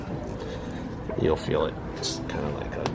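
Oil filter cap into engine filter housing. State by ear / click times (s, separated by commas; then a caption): seated / 2.9 s. Someone talks while turning the oil filter housing cap on a 997.1 GT3 engine until it drops into its detent groove in the filter housing. A short, sharp click is heard at 2.9 s as the cap seats in the groove.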